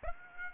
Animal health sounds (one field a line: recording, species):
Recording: mosquito wingbeat signal from an infrared sensor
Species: Aedes aegypti